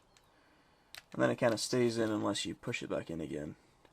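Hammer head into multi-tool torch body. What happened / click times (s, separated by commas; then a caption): Handled, not yet home: the hammer head has not locked into place / none. Someone handles the pop-out hammer head of a $12 metal multi-tool torch, with a faint tick near 0.2 s and a sharp, brief click at 1.0 s before someone talks from about 1.1 s to 3.5 s. A soft tap follows at 3.9 s, and the hammer head has not yet locked into place.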